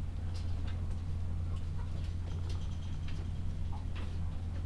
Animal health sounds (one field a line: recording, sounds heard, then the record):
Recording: poultry house recording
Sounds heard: sick chickens (respiratory disease)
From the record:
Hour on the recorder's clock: 12